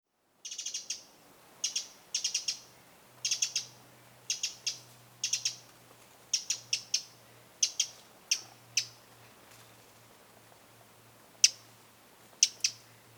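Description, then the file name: Eurasian wren ticking calls: sharp, dry clicks in short clusters, repeated for over ten seconds, with a faint low hum in the background. "Troglodytes troglodytes"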